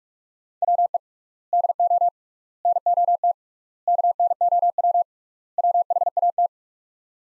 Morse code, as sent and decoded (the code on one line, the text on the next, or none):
.-- . / -.. --- / -. --- - / -.- -. --- .-- / .-- .... .- -
WE DO NOT KNOW WHAT